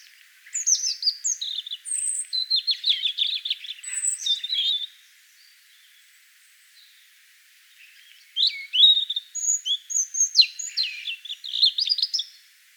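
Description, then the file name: European robin song in two phrases separated by a few seconds' pause, each a varied cascade of high, thin whistles, quick trills and tinkling twitters. "Erithacus rubecula"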